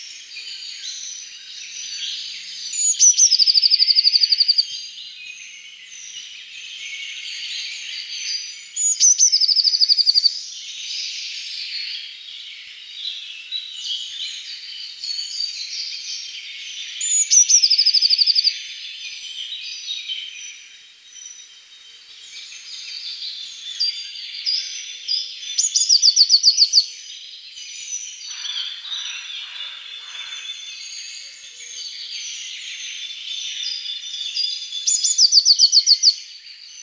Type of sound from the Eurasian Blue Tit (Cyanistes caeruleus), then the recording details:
song. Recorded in the wild. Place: Oberrotweil am Kaiserstuhl, Baden-Württemberg, DE. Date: 1985-05-11. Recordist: Schwarz, Dieter